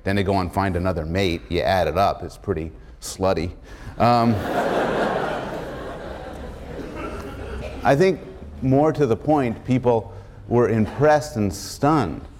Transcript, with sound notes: Then they go and find another mate. If you add it up, it's pretty slutty." [laughter] I think more to the point, people were impressed and stunned